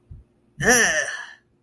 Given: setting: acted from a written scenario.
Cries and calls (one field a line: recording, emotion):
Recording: vocal sound without words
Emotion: disgust